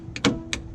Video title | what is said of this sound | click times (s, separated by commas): E24 Sharknose BMW 635 CSi: Door Adjustment and Door Card Removal Procedure | clicks in place and it actually works like it should | 0.2 s